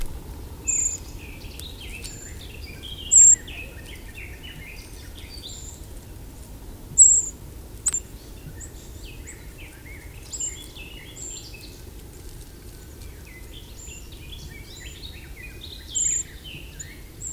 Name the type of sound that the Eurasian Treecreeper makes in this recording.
call